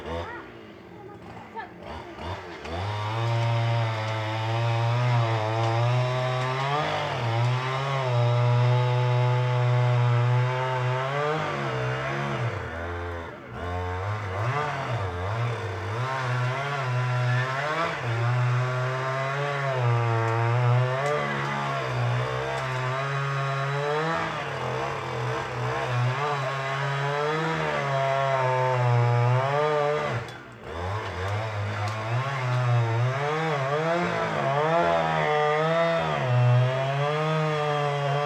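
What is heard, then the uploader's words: A chainsaw runs almost continuously, its engine droning low with a buzzing whine above that rises and falls as the throttle is worked and the blade bites. Brief dips near 13 and 30 seconds break the sound before it revs back up. Illegal Felling Of Pines In Cuxtitali.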